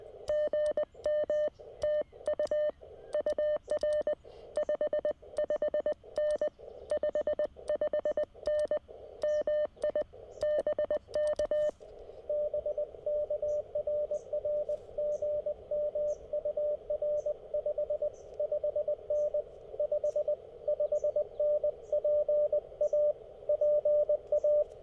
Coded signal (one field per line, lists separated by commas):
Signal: Morse code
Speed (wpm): 20 wpm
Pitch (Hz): 590 Hz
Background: radio noise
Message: GM TU UR 55N 55N MI BK BK RR GM UR 55N 55N PA PA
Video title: Monday Morning CW POTA at US-1540 Sleepy Hollow State Park